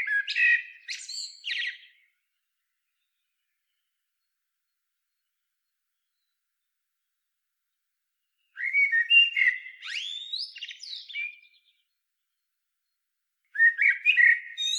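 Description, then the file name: Eurasian blackbird song in three phrases spaced by long pauses, each a warbled run of fluty whistles breaking into high, squeaky, scratchy notes. "Turdus merula"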